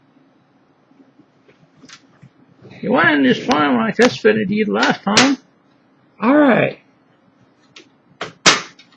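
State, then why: Seated. A thin, slightly bent metal motherboard I/O shield is worked into the rear opening of a computer case while someone talks. After quiet fumbling, it goes in with a sharp metallic snap at 8.2 seconds, followed by a fainter tick. The shield is seated.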